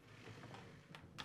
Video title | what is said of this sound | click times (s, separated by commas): How to replace Inner Door Panel part # W10908291 on your Whirlpool KitchenAid Maytag Dishwasher | and press until it snaps into place | 1.0 s, 1.2 s